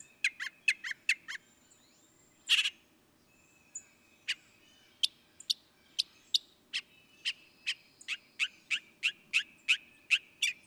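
Northern mockingbird song: sharp clicking notes in loose series, a brief harsh burst, then a long run of crisp repeated ticks.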